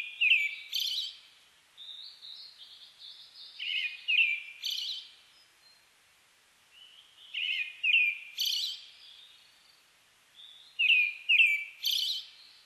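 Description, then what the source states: Brown-headed thrush singing short phrases of two or three clear, fluty notes, each ending in a thin high twitter. Phrases repeat every few seconds with quiet pauses between. Recorded 29 May 2004.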